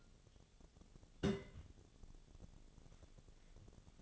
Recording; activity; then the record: daily activity, microphone in the room; place on stove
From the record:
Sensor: 4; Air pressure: 1000.8 hPa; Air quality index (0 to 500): 126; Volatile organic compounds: 1 ppm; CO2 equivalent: 947 ppm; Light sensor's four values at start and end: 45/111/47/53 and 45/111/47/52